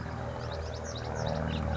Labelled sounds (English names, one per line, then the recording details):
House Finch
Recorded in Sonoma County, California